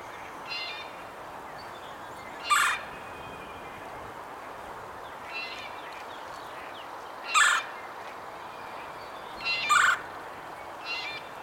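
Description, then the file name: Red-bellied woodpecker giving short, harsh, rolling calls spaced several seconds apart, with fainter calls between them and constant background hiss. "Melanerpes carolinus - Red-bellied Woodpecker"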